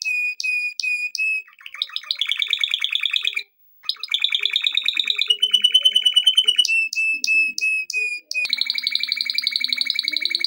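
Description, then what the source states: Canary song alternating tours: clicking whistles, buzzy rattles, a level trill, more clicked notes, then a loud fast trill, with brief pauses between phrases. Song used for training.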